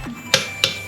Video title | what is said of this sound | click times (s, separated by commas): HOW TO REPLACE BRAKES ON AN INFINITI Q50 | you hear that click that means it's reached to where it's got to go | 0.3 s, 0.6 s